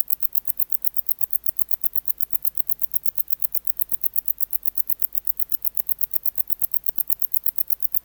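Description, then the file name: Wart-biter song: a long, steady series of dry, high ticking clicks, rapid and running without a break. "Decticus verrucivorus"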